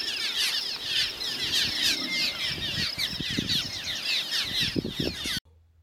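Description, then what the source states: Cliff Swallow flock calling, a busy mass of high slurred chirps with some low thumps in the second half before it cuts abruptly to near silence. Cliff Swallow calls from a big flock; call likened to 'sure, sure, sure'; species' most common call described as a soft chirr.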